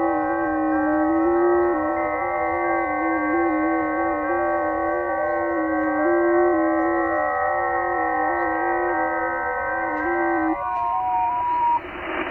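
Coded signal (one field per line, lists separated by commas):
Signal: FT8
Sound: several simultaneous steady warbling tones stepping slightly in pitch, ending together after about 12 seconds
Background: radio static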